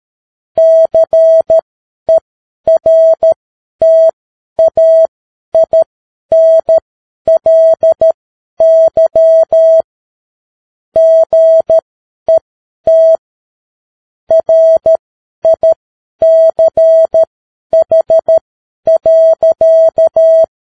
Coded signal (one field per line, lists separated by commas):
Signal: Morse code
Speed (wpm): 13 wpm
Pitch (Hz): 650 Hz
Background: none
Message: CERTAINLY GET RICH.